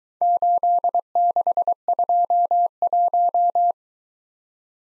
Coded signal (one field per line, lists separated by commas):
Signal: Morse code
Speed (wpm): 23 wpm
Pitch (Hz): 700 Hz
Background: none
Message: 8621